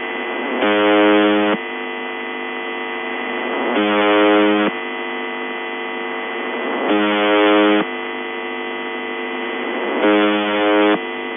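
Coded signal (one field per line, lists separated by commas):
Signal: channel marker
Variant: UVB-76 (The Buzzer)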